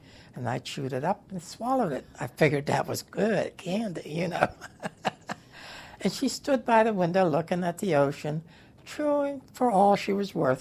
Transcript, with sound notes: And I chewed it up and swallowed it, I figured that was good candy, you (laughs) And she stood by the window, looking at the ocean, chewing for all she was worth.